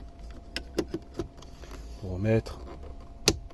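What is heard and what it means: A plastic interior trim panel on a 2019 Renault Kadjar, refitted after a cabin filter change, is pushed back onto its car mounting clips. After a few light taps and someone talking, a sharp click at 3.3 s marks the panel snapping home and seating.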